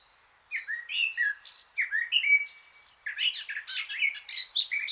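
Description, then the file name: Eurasian blackcap song: after a short silence, a jumble of warbled notes, then a clear fluting whistled phrase that breaks into fast, varied chattering twitters. "Sylvia atricapilla"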